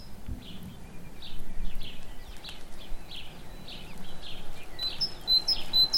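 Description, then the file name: Great tit calling: a rapid run of short, scratchy high chirps, with a few thin whistled notes near the end, over low rumbling background. "Parus major"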